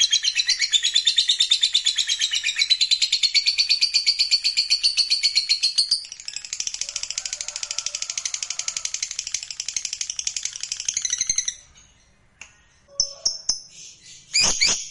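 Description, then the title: Lovebird song, long fast, harsh chatter of rapid high pulses for about eleven seconds, ending in a few sharp separate squeaks. Lovebird sound played to stimulate lovebirds. "Suara Lovebird"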